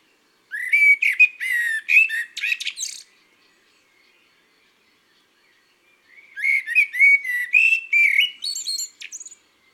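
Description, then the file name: Common blackbird song in two bursts separated by a few seconds of silence, each a run of rich fluting notes closing with high scratchy twitters. "le merle"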